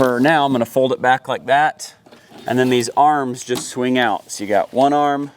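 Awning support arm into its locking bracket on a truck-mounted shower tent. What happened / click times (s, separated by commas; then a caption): Handled, not yet home: awning arm locks into place / none. A support arm on a truck-mounted SanHima awning shower tent is handled as a portion is folded back and the arm swings out toward its locking bracket with a quick-release latch, while someone talks throughout. Only speech and faint handling are heard. Nothing has seated or clicked yet; the arm is not yet locked into place.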